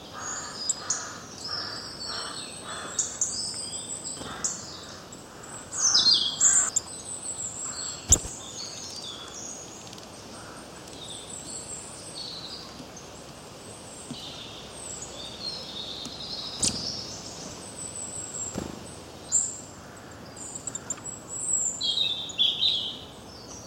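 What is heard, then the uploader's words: Birds chirp and tweet throughout, with many overlapping high, bright calls forming a busy chorus. Short bursts stand out around 6, 8, 17 and 22 seconds, including a few sharp clicks. A soft, steady rustling noise sits underneath the whole time. Birds Chirping Sounds. Bird nature.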